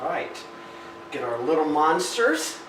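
A plastic grille ring is handled over a subwoofer enclosure during a Ferrari 360/430 hi-fi audio upgrade while someone talks over a steady background hum. The ring has not snapped or seated into place yet by the end of the clip.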